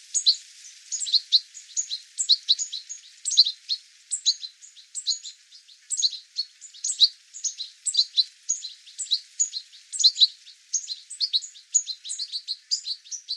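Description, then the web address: Bird calls: dense, continuous chatter of high, thin chirps that overlap and run together, with no other sounds. "cianscape birddata Deverinetal 2025 File cleaned normalized Bird"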